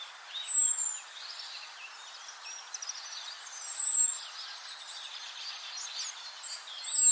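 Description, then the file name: Eurasian blackbird uttering thin, very high whistled notes a few seconds apart. "Turdus merula"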